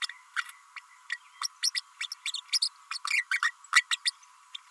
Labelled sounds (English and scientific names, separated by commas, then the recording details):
Green-rumped Parrotlet (Forpus passerinus) babbling
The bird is a female
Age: 32 days
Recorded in a nest box in Venezuela
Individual 17B32A5